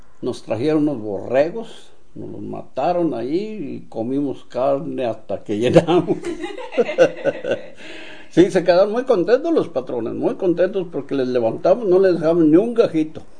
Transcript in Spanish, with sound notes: nos trajieron unos borregos, nos los mataron allí y comimos carne hasta que llenamos. (risas) Sí, se quedaron muy contentos los patrones, muy contentos, porque les levantamos, no les dejamos ni un gajito.